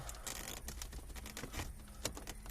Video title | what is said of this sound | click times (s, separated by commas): How to Retrofit Upgraded Facelift Interior in Pre-Facelift Mercedes CLK W209 / C209 / W203 (Part 4) | you hear a small click and then it is already snug in place and | 2.1 s